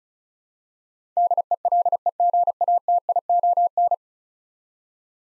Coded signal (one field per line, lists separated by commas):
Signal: Morse code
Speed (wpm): 36 wpm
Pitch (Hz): 700 Hz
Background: none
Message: DELEGATION